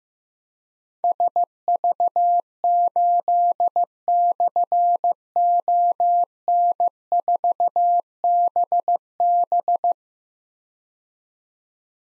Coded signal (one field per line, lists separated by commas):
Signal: Morse code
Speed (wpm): 15 wpm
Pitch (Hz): 700 Hz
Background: none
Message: SV8/ON4BB